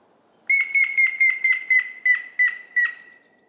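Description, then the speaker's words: Grey-headed Woodpecker call: a series of about nine clear whistled notes, falling slightly in pitch, the gaps between them lengthening toward the end. Played as a quiz; said to sound like the Green Woodpecker, but as if its battery were running down. "Und er klingt zwar wie der Grünspecht, aber man hat so das Gefühl, die Batterie geht so alles. Das ist eine schöne Beschreibung. Und ja. Das ist der Grauspecht."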